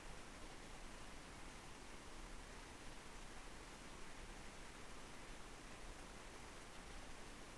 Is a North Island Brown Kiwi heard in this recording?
no